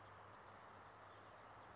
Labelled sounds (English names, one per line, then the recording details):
California Towhee
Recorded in Sonoma County, California